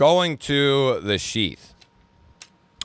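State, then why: Seated. Someone talks briefly, then a Kizer Hidden Agenda fixed-blade knife is pushed into its moulded sheath. Sharp clicks sound at 2.4 s and 2.8 s as the knife snaps home and seats with a positive click and good retention.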